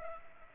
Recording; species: mosquito wingbeat signal from an infrared sensor; Culex pipiens